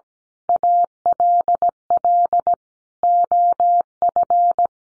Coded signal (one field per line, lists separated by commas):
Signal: Morse code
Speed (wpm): 17 wpm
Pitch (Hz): 700 Hz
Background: none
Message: ALL OF